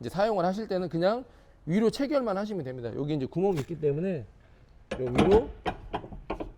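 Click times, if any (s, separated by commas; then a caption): 6.3 s. A removable part of a Thule EasyFold XT hitch bike carrier, mounted on a Kia Sorento MQ4 for carrying an electric bike, is pushed up into its square mounting hole on the carrier frame while someone talks. Near the end a short, sharp click at 6.3 s is heard as the part catches and locks in place, seated.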